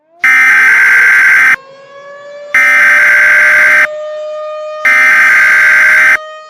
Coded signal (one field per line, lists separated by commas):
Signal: Emergency Alert System (SAME) tones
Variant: header bursts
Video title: EAS Scenario #1: Change of Heart